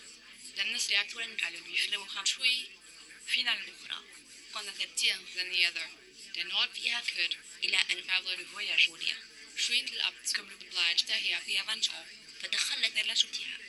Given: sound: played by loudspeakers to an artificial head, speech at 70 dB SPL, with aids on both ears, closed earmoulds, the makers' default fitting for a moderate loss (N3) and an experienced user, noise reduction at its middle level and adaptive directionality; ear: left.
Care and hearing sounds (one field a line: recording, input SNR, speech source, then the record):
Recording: speech test signal (ISTS) in cocktail-party noise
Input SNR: +3 dB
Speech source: in front (0 degrees)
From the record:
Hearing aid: class 2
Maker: H